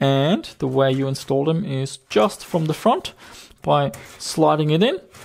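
Someone talks while a slim optical drive, a DVD writer, is handled for sliding in from the front into the drive bay of an HP ProDesk G1 Small Form Factor desktop PC. Nothing has seated or clicked yet.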